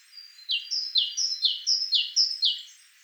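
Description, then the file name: Great tit repeats a quick two-note phrase about two times a second, a bright high note falling to a lower one, over faint high chirps. "Parus major"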